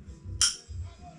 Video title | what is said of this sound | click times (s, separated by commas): 💥🛠️Remplacement joint spy fourche 65 yz 2021 💙 compatible 65yz 2018 à 2024 | Et voilà. Il clipse, il vient se mettre en extérieur. | 0.4 s